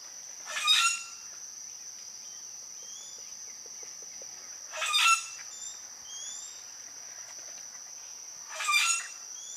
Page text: Обыкновенный гракл - Common Grackle (Quiscalus quiscula)